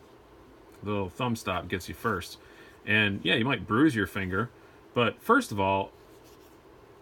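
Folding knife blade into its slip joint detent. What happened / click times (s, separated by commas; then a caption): Handled, not yet home: no seating click yet / none. A steel slip joint folding knife is handled while someone talks over a quiet background, working the blade toward its detent, which takes a bit of a push to close. Nothing has seated or clicked yet; the clip ends just before the blade snaps home.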